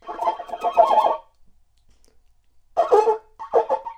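Bird uttering a quick burst of harsh, chattering notes, a pause, then two shorter rattling bursts.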